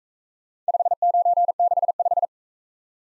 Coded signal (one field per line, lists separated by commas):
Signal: Morse code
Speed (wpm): 43 wpm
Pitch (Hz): 700 Hz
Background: none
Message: 5965